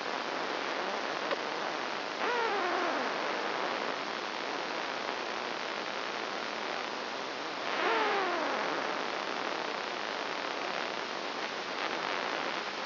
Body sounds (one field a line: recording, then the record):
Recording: brain microelectrode recording played as sound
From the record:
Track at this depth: inside the subthalamic nucleus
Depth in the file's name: 3.901 mm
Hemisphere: right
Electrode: 3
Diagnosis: Parkinson's disease